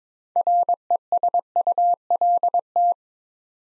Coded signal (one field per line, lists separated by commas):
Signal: Morse code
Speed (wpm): 21 wpm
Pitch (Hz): 700 Hz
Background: none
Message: RESULT